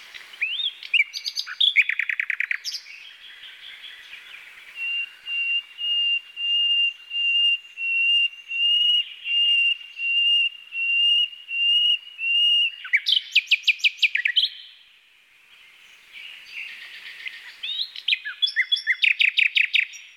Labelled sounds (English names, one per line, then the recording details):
Common Nightingale song
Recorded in the wild
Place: NSG Taubergießen / Reg.-Präs. Freiburg im Breisgau, Baden-Württemberg, DE
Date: 1982-05-26
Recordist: Schwarz, Dieter